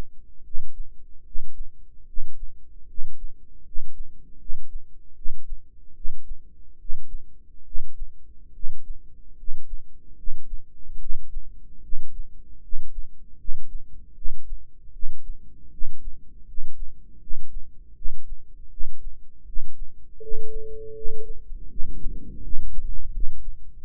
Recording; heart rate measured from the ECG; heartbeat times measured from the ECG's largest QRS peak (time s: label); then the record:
heart sounds by microphone in the right ear; 77 bpm
0.42 s: heartbeat
1.22 s: heartbeat
2.04 s: heartbeat
2.85 s: heartbeat
3.62 s: heartbeat
4.37 s: heartbeat
5.13 s: heartbeat
5.93 s: heartbeat
6.76 s: heartbeat
7.63 s: heartbeat
8.51 s: heartbeat
9.35 s: heartbeat
10.14 s: heartbeat
10.97 s: heartbeat
11.80 s: heartbeat
12.60 s: heartbeat
13.36 s: heartbeat
14.13 s: heartbeat
14.91 s: heartbeat
15.69 s: heartbeat
16.45 s: heartbeat
17.18 s: heartbeat
17.94 s: heartbeat
18.69 s: heartbeat
19.44 s: heartbeat
20.19 s: heartbeat
20.93 s: heartbeat
21.68 s: heartbeat
22.40 s: heartbeat
23.10 s: heartbeat
23.82 s: heartbeat
From the record:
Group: healthy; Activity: rest 0-20 s, Valsalva maneuver 20-24 s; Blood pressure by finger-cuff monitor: 110/60 mmHg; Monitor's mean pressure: 75 mmHg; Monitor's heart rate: 76 bpm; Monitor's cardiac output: 7.2 L/min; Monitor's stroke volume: 99 mL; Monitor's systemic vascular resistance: 680 dyn s/cm5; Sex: male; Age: 35 years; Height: 180 cm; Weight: 86.9 kg